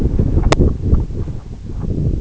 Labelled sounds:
none
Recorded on Arctic tundra, site EABA-1, on 26 June 2018
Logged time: 04:00

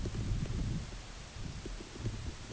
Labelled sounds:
none
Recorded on Arctic tundra, site UTQI-8, on 14 June 2019
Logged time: 10:00

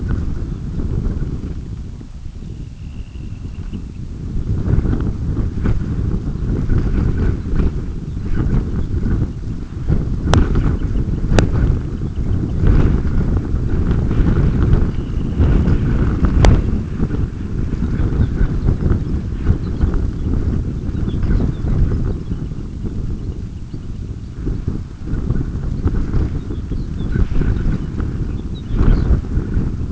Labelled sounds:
unidentified sound
Semipalmated Sandpiper
Lapland Longspur
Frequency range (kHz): Semipalmated Sandpiper 2.1-3.9 kHz; Lapland Longspur 2.1-5.4 kHz
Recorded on Arctic tundra, site UTQI-5, on 26 June 2018
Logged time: 20:00

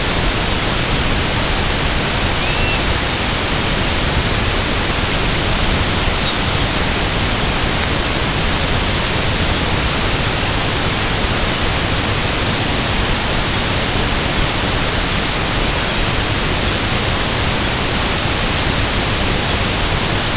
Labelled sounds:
unidentified sound
American Golden-plover
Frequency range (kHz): American Golden-plover 2.5-4.4 kHz
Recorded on Arctic tundra, site IGLO-A, on 16 June 2018
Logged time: 09:59

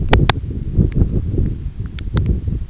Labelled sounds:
none
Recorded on Arctic tundra, site EABA-1, on 21 June 2018
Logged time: 16:00

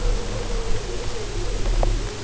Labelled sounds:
none
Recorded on Arctic tundra, site UTQI-5, on 19 June 2018
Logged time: 22:00

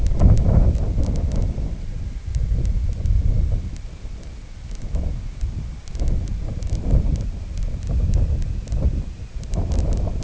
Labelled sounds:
Red-throated Loon
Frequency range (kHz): Red-throated Loon 0.6-1.9 kHz
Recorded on Arctic tundra, site IGLO-D, on 19 June 2018
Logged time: 22:00

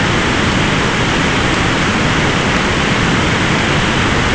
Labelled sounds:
none
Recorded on Arctic tundra, site ZACK-1, on 14 June 2019
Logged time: 23:49

